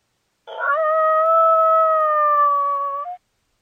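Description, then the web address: Coyote howl: one long, steady, clear tone held for over two and a half seconds, with a brief lift at the very end, then silence. Call linked to mating. "Coyote Coyote. Mate"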